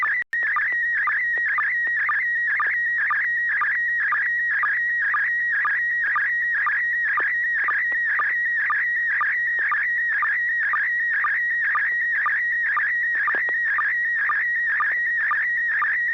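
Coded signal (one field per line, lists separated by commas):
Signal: SSTV (slow-scan television)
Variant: PD 120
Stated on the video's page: SSTV net on an FM repeater on 441.300 MHz in Sacramento, sent with MMSSTV software.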